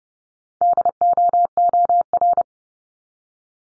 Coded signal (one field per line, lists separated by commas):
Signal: Morse code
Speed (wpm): 30 wpm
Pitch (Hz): 700 Hz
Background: none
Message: DOOR